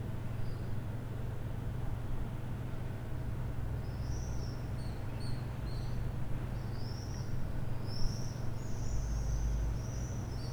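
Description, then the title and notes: Swifts give thin, high screaming trills, faint at first and growing more frequent in the second half, over a steady low hum. A flock of swifts wheeling over the rooftops of Aix-les-Bains, France, recorded from the MJC courtyard on a Sunday morning. "4 Rue Vaugelas, 73100 Aix-les-Bains, France - Les martinets. Le ballet des martinets au dessus des toits d'Aix-les-bains depuis la cour de la MJC un dimanche matin"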